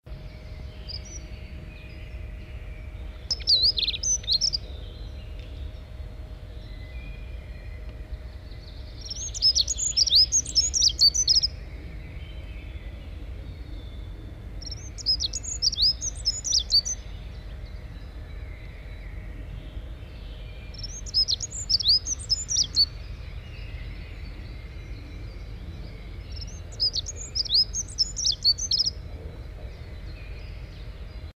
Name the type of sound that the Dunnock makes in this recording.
song